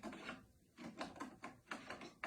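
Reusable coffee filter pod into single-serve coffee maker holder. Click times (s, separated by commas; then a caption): 2.2 s. A reusable coffee filter pod is twisted into the pod holder of a single-serve coffee maker. A series of ratcheting clicks ends in a sharp final click at 2.2 s as it locks into place.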